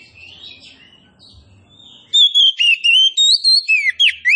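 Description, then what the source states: Oriental magpie-robin: faint warbling gives way to a strong sequence of clear whistles, each note bending up or down in a steady, quick rhythm. Kacer poci, a named variety, described as gacor, singing vigorously.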